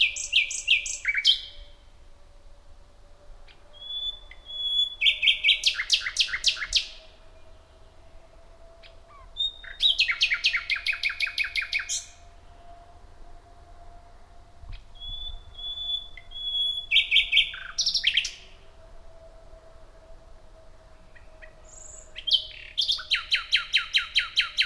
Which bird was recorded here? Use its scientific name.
Luscinia megarhynchos